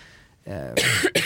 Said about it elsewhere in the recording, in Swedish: En hostning. Jag har konstant torrhosta i mitt liv, jag kommer inte ifrån det.